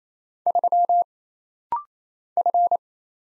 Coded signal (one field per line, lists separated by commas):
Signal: Morse code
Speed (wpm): 27 wpm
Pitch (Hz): 700 Hz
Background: none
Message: 3 F